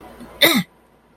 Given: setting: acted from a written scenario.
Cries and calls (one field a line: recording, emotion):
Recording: vocal sound without words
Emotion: negative surprise